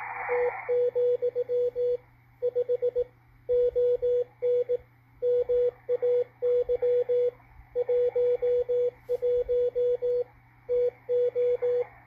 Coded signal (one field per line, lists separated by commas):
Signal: Morse code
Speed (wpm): 20 wpm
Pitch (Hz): 490 Hz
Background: radio noise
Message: T, 5 ON MAY 11 TO